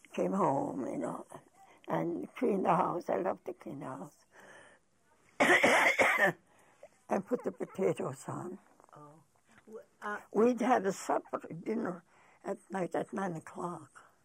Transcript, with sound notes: came home and all that and clean the house, I loved to clean the house. (coughs) And put the potatoes on. We'd have the supper, dinner, at night at nine o'clock.